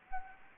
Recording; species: mosquito wingbeat signal from an infrared sensor; Anopheles gambiae